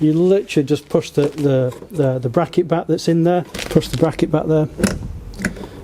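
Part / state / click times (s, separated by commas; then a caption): shower hose fitting in its rear connection bracket of a camper van water system / released / 5.4 s. Someone talks while pushing back the retaining bracket on the rear shower hose fitting of a VW California T6.1 camper van water system. A sharp click is heard at about 5.5 seconds as the shower hose connector releases from its bracket and the fitting comes out.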